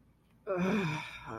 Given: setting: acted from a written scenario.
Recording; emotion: vocal sound without words; contentment